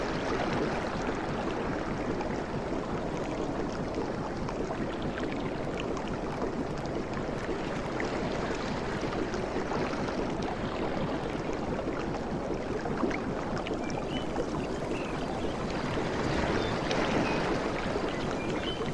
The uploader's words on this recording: Softest Beach Sounds from the Tropics. Relaxing ocean sounds of waves.